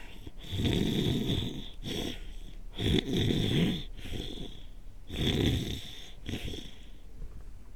Stertor.